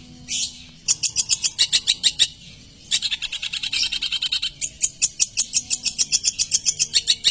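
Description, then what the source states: Long-tailed shrike song, fast trains of high sharp chirps, broken by a brief jumbled phrase. Masteran recording, a collection of various songbird sounds used for training songbirds.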